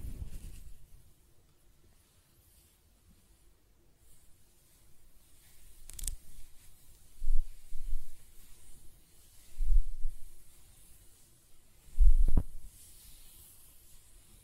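Close-up hair scratching and stroking comes in soft low rustling bursts, with sharp crackles near six and twelve seconds and quiet gaps between.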